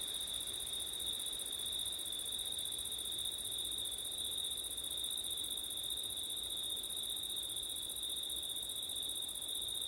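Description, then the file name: Crickets sing a constant, unbroken high trill in one dense ringing tone. Crickets at night in September, with wind; ORTF microphone setup. "crickets wind september night ortif"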